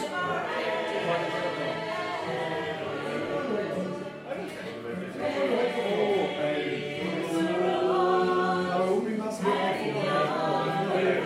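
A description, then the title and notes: An Irish sing-along with many voices joining in together, a dense, continuous blend of singing and talk that holds steady throughout. Brief sharp clinks or knocks cut through near 4.5, 7 and 9.5 seconds, and the volume swells slightly in the second half. Irish Sing Along at Tigh Ruairi, Inis Oirr, Ireland. Tigh Ruairi (Rory's Pub) Bed & Breakfast, Inis Oirr, Aran Islands Inis Oírr, Aran Islands, Co Galway, Ireland.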